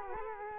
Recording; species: mosquito wingbeat signal from an infrared sensor; Culex quinquefasciatus